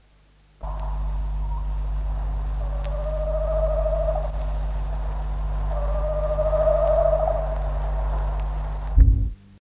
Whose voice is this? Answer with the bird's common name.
Tawny Owl